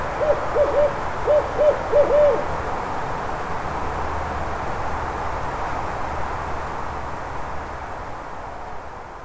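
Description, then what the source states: Barred owl giving a burst of about six hollow hoots in two quick clusters early on, then only a constant low rumble of background noise. Backyard in Atlanta.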